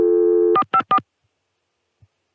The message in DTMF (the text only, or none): 454